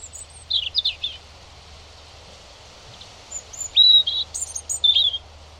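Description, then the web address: European robin song in scattered pieces, thin high notes and a clear whistled note among soft twittering, separated by short pauses, faint background hiss. "Deverinetal 2025 File origin Bird Only Er Ru"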